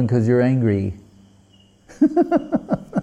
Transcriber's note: laughing